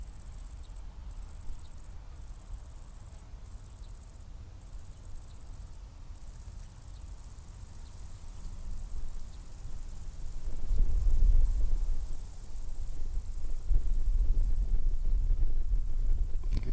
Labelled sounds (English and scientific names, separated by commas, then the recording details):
Great Green Bush-cricket (Tettigonia viridissima) stridulation
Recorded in the wild
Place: Botanische Anlage Blankenfelde, Berlin, DE
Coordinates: 52.603, 13.4
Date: 1996-08-24 14:19
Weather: nahendes Gewitter, windig
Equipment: Sony MD-WM MZ-R3, Sennheiser MKH 416 T, Kopie Uher 4000 Report Monitor
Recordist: Tembrock, Günter